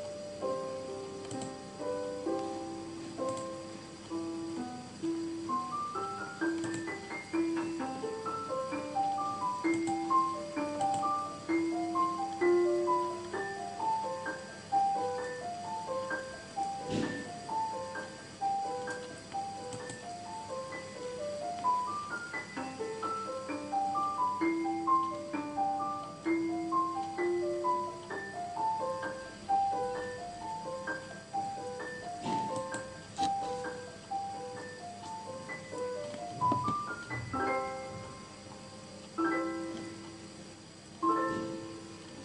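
A piano plays a gentle, flowing melody of quick, evenly spaced notes in the middle and upper range over soft, held lower tones. The pattern repeats and rises and falls steadily throughout, with a couple of brief sharp knocks near 17 and 37 seconds.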